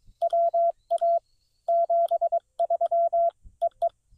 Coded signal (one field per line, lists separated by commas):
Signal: Morse code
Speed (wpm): 22 wpm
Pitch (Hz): 680 Hz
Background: none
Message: WA 73 EE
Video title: CW POTA at Black Kettle National Grasslands